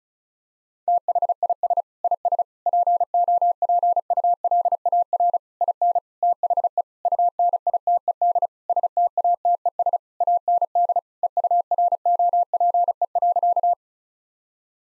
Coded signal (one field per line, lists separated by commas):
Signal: Morse code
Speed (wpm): 34 wpm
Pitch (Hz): 700 Hz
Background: none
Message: THIS IS POPULAR IN THE UNITED STATES AND EUROPE.